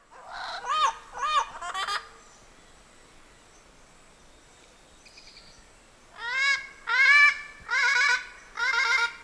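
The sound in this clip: Bird calls: three nasal honking notes, a few seconds of quiet, then four louder honks in quick succession.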